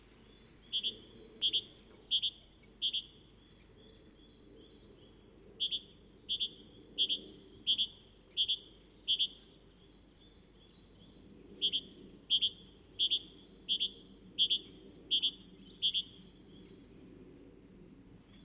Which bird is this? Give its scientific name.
Parus major